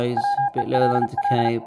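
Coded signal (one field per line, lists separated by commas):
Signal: Morse code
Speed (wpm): 36 wpm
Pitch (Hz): 810 Hz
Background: speech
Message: WELL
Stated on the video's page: CW received on a Xiegu X6100 running firmware v1.1.5.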